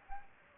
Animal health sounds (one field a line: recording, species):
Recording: mosquito wingbeat signal from an infrared sensor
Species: Anopheles gambiae